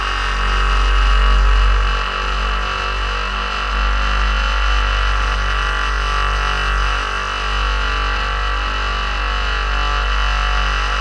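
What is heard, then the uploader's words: A small battery-powered motor buzzes steadily as its AA cells run down, its whine holding a thin, bright tone over a deep hum. The sound stays continuous, swelling slightly in the first two seconds before settling into an even, slightly wavering drone. Buzzling and fuzzling with dying double As. A dying battery-powered motor buzzing as its AAs fade. Recorded in 1998 by Dan Bodah.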